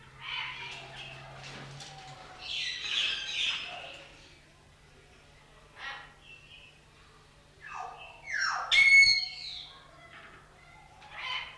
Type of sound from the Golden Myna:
call